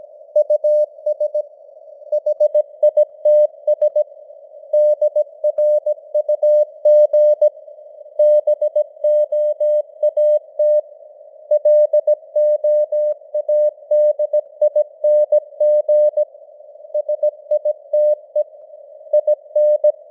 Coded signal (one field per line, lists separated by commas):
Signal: Morse code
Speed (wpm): 17 wpm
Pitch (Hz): 600 Hz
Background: none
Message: US HITS DRUG BOAT LOADING SITE IN